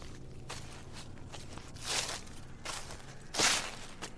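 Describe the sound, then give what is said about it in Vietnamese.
Footsteps crunch and rustle through dry leaves, a few soft steps followed by louder, crackling ones around the middle and near the end, mixed with wind stirring the dry leaves, with no voices. “Thì thoảng có những âm thanh xào xạc vang lên, là gió thổi quấn những lá khô, xen lẫn với tiếng bước chân của tôi đi sột soạt.”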